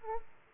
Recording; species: mosquito wingbeat signal from an infrared sensor; Aedes aegypti